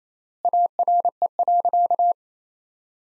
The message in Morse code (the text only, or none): ARE.